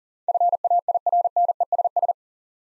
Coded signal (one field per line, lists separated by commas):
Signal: Morse code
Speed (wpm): 37 wpm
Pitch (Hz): 700 Hz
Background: none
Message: FAIRNESS